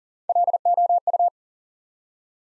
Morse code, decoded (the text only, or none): LOU